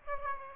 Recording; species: mosquito wingbeat signal from an infrared sensor; Aedes aegypti